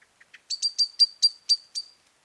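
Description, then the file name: Common blackbird calls: a few soft lower notes, then a run of seven sharp, high chinks in an otherwise quiet background. "Turdus merula"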